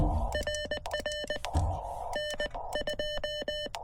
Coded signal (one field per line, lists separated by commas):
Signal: Morse code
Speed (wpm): 19 wpm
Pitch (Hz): 3000 Hz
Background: none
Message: RR N2